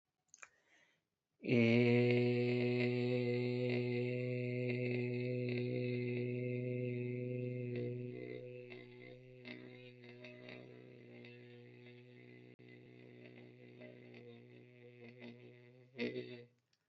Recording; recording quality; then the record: sustained vowel as in made; excellent, no background noise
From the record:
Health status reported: healthy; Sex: male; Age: 27 years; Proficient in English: yes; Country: India